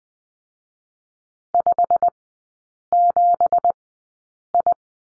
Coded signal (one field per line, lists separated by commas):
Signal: Morse code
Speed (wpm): 20 wpm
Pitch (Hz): 700 Hz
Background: none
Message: 57I